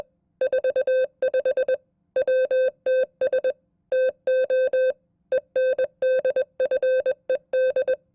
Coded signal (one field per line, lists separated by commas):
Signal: Morse code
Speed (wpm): 21 wpm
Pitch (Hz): 520 Hz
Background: none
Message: 45 WTS TO ENDFED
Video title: Morse Code Test #1 @20 WPM